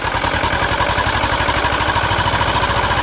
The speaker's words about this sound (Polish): Motorówka z silnikiem Ursusa wpłynęła do zatoki.